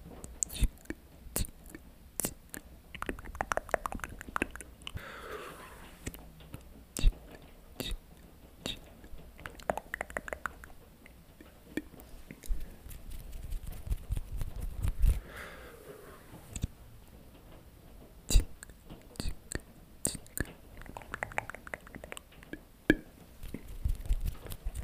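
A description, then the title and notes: Mouth sounds: a steady run of wet clicks, smacks and small pops, irregular but dense, several per second throughout. Around 5 and 15 seconds there are brief soft, breathy, whisper-like passages, with a low rumble underneath at times. ASMR Tascam Vs Blue Yeti Nano Vs OG Blue Yeti Comparison. (MOUTH SOUNDS).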